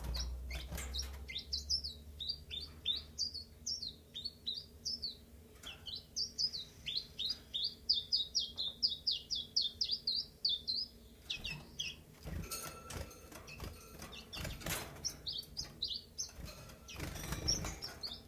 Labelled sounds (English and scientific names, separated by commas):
Common Chiffchaff (Phylloscopus collybita)